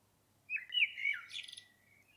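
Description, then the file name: Common blackbird giving one song phrase: a low fluted whistle that runs into a rapid, scratchy high twitter, then a thin trailing note. "Turdus merula"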